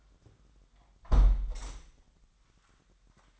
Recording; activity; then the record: daily activity, microphone in the room; close window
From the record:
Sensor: 3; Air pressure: 998.5 hPa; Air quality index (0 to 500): 157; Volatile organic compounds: 6 ppm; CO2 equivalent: 1892 ppm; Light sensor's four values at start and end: 17/43/18/20 and 16/41/17/19